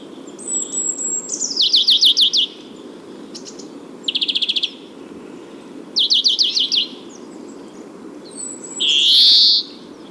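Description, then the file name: European greenfinch calls: short buzzy trills and rapid chattering bursts at high pitch, several separate phrases over ten seconds, with a steady low rumble of background noise. "Chloris chloris"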